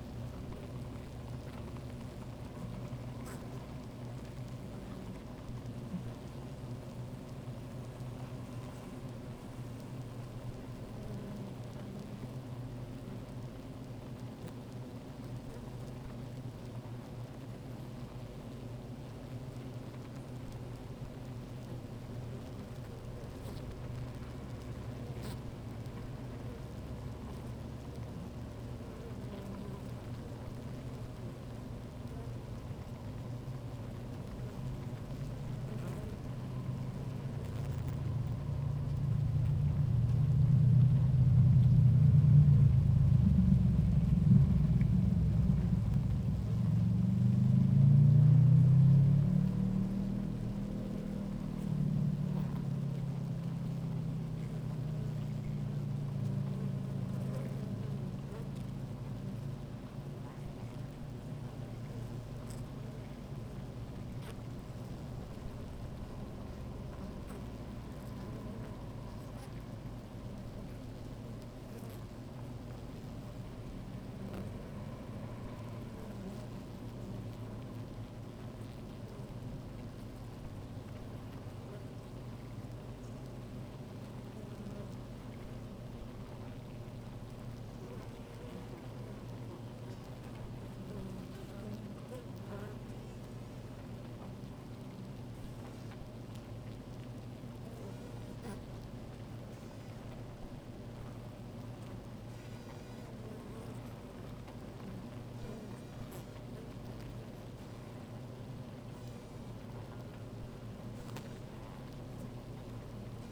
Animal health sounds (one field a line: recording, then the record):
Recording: honeybee colony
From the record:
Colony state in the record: active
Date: 28 July 2017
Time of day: 16:16